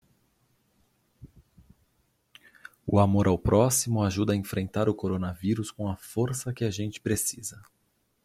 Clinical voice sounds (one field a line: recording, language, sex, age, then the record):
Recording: spoken sentence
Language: Brazilian Portuguese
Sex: male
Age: 30 to 39 years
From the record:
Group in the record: control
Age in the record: 35 years